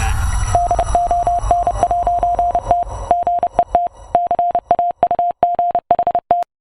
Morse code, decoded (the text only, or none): DON'T GET CAUGHT